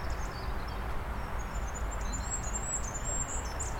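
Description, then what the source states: Goldcrest song: very high, thin notes over a steady low background rumble. Singing near conifers; described as very high-pitched.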